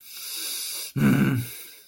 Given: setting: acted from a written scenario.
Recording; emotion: vocal sound without words; anger